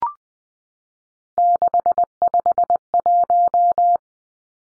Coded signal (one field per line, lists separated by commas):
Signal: Morse code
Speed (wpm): 20 wpm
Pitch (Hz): 700 Hz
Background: none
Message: 651